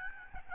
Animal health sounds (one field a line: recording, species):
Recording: mosquito wingbeat signal from an infrared sensor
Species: Aedes albopictus